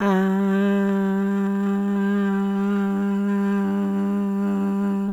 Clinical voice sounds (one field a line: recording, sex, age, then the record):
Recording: sustained vowel /a/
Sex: female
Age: 50 to 59 years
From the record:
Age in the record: 58 years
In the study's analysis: excluded